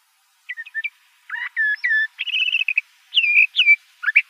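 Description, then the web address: Le Conte's thrasher song starting after a half-second of quiet: short whistled notes, a longer harmonic phrase, then a buzzy trill and sliding whistles. Arizona; dated 011004. "Sound Library Mimids AZFO LCTH deviche 011004"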